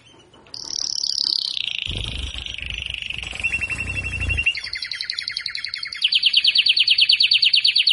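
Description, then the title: Belgian canary song: a sliding whistled phrase, lower rattling trills, then a fast high trill of repeated notes, with a faint low rumble in the middle. Belgian canary male singing to warm up, or stimulate, a female. "Canario Belga. Canario Galador Esquenta Qualquer Femea"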